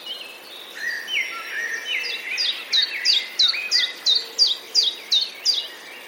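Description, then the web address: Common chiffchaff song: after a stretch of mixed bird twittering, a run of about ten bright, high, falling notes repeated evenly, around three each second. Recorded 8 May 2022. "wroblowe kontra pierwiosnek 08 05 2022"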